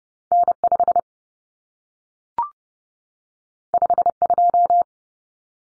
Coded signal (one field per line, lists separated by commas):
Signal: Morse code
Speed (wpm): 30 wpm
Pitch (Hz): 700 Hz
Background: none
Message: N5 52